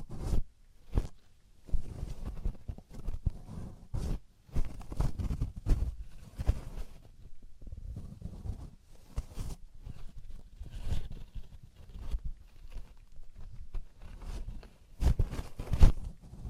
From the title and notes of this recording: ASMR Traditional Chinese Ear Cleaning and Earwax Removal (No Talking).